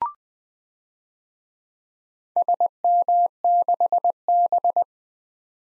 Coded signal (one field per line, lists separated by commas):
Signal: Morse code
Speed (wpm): 20 wpm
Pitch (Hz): 700 Hz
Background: none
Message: SM6B